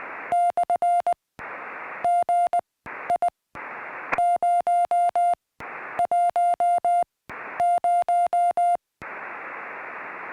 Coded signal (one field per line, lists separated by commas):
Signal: Morse code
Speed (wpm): 22 wpm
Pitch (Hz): 660 Hz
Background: music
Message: /GI010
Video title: My SOTA Paddles